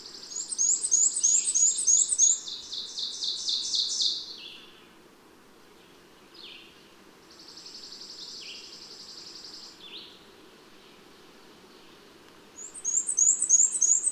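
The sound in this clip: Bird song of high, rapid twittering phrases and sweeping notes, a quieter buzzy trill in the middle, then a loud bright burst of song returning at the end.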